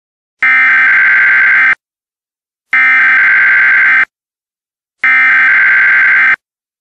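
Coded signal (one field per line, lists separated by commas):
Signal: Emergency Alert System (SAME) tones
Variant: header bursts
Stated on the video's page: Fictional EAS scenario.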